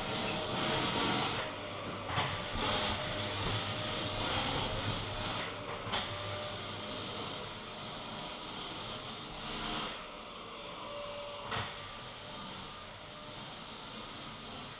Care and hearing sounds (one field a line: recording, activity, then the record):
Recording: daily activity, microphone in the room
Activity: vacuum cleaning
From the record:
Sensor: 4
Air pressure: 1002.9 hPa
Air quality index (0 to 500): 242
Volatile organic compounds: 18 ppm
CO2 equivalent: 2631 ppm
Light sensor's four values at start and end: 4/11/4/4 and 5/12/4/5